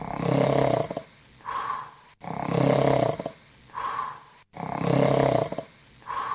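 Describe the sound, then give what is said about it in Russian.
Loud, rhythmic snoring of the wolf in the Little Red Riding Hood story, asleep in bed after eating: three even cycles, each a deep, rattling inhale followed by a shorter, higher-pitched whistling exhale, with brief pauses between breaths. “Довольный и сытый волк лег в кровать и сразу уснул, громко захрапев.”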